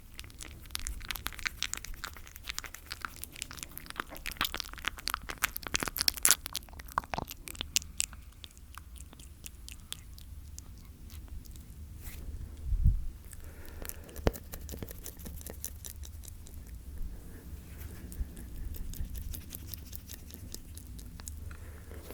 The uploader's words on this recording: ASMR Slow Mouth Sounds That Will Make You Tingle.